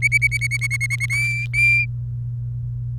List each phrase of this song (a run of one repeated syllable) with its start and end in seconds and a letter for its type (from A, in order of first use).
0.02-1.06 A, 1.10-1.85 B